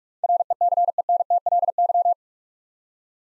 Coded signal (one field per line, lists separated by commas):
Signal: Morse code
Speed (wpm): 45 wpm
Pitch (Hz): 700 Hz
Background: none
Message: RECENTLY